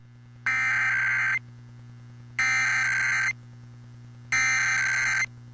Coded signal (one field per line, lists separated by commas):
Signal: Emergency Alert System (SAME) tones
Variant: header bursts